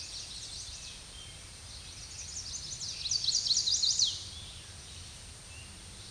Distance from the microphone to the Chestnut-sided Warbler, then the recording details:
about 15 m. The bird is about 10 m above the microphone. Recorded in a Pennsylvania forest on 16 May 2024 at 06:52. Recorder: AudioMoth, point MSD-2494. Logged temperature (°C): 15.6 °C. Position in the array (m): 173 m, 171 m